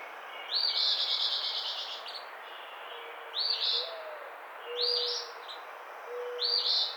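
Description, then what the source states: Eastern Phoebe delivering four harsh, buzzy two-part phrases at irregular intervals of about 1 to 3 seconds, with faint low tones in the background. Recorded 11 April 2009.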